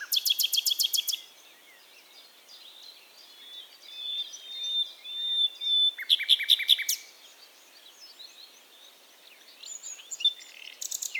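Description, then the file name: Common nightingale song: loud buzzy rattles at start and middle, separated by a long drawn-out whistled phrase, with quieter twittering. "Luscinia megarhynchos"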